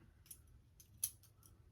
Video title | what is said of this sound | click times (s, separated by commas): 1st use-OneBlade Genesis Razor & Feather Blade. Proraso Green & Simpson Chubby 2 | snaps into place | 1.0 s